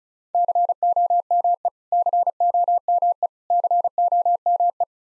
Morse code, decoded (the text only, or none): COME COME COME